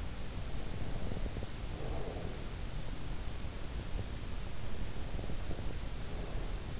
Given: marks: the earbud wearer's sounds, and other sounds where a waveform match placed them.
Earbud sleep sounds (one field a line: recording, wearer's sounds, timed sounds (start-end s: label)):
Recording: sounds in sleep by an in-ear microphone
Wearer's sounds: breath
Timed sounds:
0.44-2.51 s: breath
4.85-6.80 s: breath